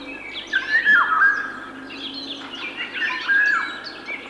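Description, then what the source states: Eurasian golden oriole song: mellow, flute-like whistled phrases given twice a few seconds apart, with thin twittering from other birds behind. Flute-like song given when in a good mood; harsh cat-like cry when frightened or angry; heard in summer from dense tree crowns deep in forest; orioles return from Africa in late spring.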